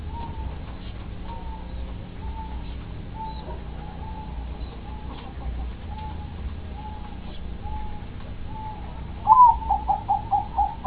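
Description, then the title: Soft, evenly spaced dove coos repeat roughly every second, then a louder burst of rapid pulsing coos near the end; steady low background rumble. "Canto Da Pomba"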